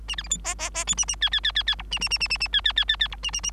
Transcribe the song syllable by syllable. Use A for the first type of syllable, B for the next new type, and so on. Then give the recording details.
A B C D E E E F A A G G G G G H A A A A A A G G G G G H A A A. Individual Bird3